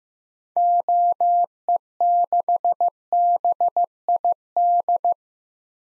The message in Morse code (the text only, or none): OE6BID